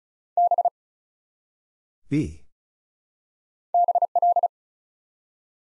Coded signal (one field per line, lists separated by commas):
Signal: Morse code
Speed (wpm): 36 wpm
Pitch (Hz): 700 Hz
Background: none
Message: B BL